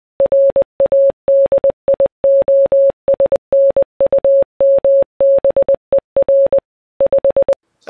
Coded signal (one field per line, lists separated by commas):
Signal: Morse code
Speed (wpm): 24 wpm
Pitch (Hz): 550 Hz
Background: none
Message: RADIOS NUMBER 5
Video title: My Top 5 Shortwave Radio/Communications Receivers